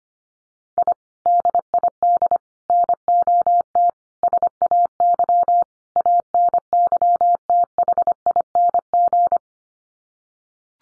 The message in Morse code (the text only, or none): I DID NOT SAY ANYTHING